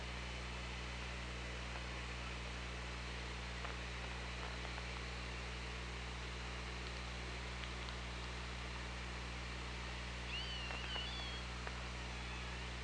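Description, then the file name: Orca call, a brief high whistled sweep with a faint higher parallel tone near the end, over steady hum and hiss. OrcaLab hydrophone recording, 24 August 2017, 16:03. "Orca Lab UTLN JASON 20170824 160343"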